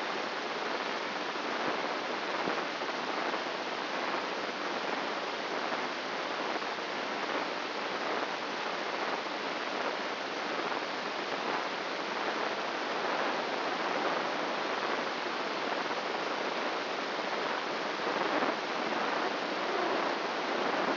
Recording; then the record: brain microelectrode recording played as sound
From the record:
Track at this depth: outside the subthalamic nucleus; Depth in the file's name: 8.628 mm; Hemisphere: left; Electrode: 3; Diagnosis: Parkinson's disease